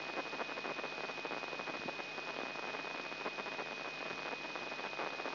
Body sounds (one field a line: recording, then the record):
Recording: brain microelectrode recording played as sound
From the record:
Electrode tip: inside the subthalamic nucleus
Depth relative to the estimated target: -3 mm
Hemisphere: right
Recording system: AlphaMap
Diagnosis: Parkinson's disease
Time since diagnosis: 6 years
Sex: female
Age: 40 years